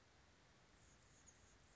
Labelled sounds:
Anna's Hummingbird

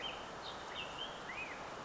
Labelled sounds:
Black-headed Grosbeak

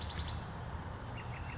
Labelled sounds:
California Towhee

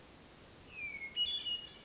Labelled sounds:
Hermit Thrush

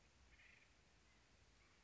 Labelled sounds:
Acorn Woodpecker

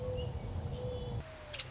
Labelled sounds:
Mourning Dove

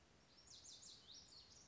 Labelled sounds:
Lazuli Bunting

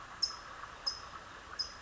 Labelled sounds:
California Towhee

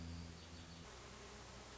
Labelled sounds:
Hermit Thrush

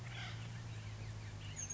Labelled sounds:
Acorn Woodpecker

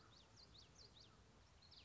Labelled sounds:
Common Yellowthroat

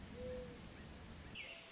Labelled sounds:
Mourning Dove

